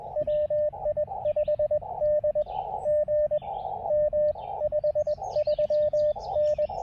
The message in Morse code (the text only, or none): WI5D GM 53N